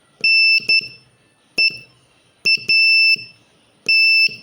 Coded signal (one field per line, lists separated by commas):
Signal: Morse code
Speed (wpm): 11 wpm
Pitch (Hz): 2650 Hz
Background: none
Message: NEAT